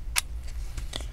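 Both metal retaining clips of a Gigabyte AERO 15 laptop's memory slot are pushed outward with the thumbs, and the DDR4 SO-DIMM RAM module pops up out of its slot. A sharp, bright click at 0.2 s marks the release, followed by two softer ticks around 0.8 s and 1.0 s over a low hum. The RAM module is released from the slot.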